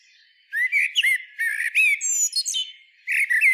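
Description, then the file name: Common blackbird song: rich fluted whistles near the low end broken by quick, squeaky high twitters, in bursts separated by short pauses, with a brief gap before a final phrase. "Turdus merula"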